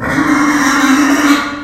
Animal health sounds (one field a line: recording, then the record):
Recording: squeal of a Yucatan mini pig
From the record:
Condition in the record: after surgery on the right vocal fold (resection and tissue-engineered implant)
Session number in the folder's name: 4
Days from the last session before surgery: 26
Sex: female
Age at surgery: 19 weeks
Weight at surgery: 25 kg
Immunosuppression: prednisolone